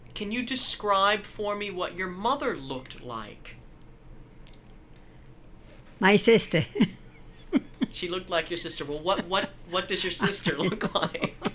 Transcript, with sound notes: Can you describe for me what your mother looked like?
My sister. (Laughs)
She looked like your sister. But what does your sister look like?